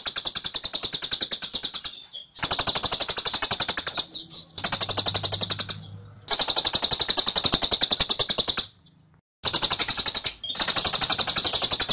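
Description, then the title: Scaly-crowned honeyeater giving machine-gun-like runs of high, clipped notes, several bursts broken by brief silences, a soft low drone briefly underneath. Dense, insistent, long-duration "tembakan" (rapid-fire) song of an actively singing bird, used as training audio for Oriental magpie-robins. "Tembakan Cililin Rapat Ngotot Durasi Panjang Suara Cililin Gacor Untuk Masteran Murai Batu"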